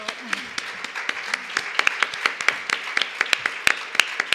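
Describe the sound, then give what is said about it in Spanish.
An audience applauds steadily, many hands clapping in a dense, crackling patter with sharper individual claps standing out, holding an even loudness throughout with faint murmuring underneath. “Vale, gracias. Un aplauso.”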